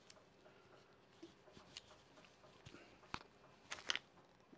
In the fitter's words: say say that and then I don't not able to attach it there you go it just snaps in place that way that camera is just hanging off right there